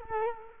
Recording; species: mosquito wingbeat signal from an infrared sensor; Culex quinquefasciatus